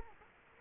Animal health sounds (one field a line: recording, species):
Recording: mosquito wingbeat signal from an infrared sensor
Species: Culex quinquefasciatus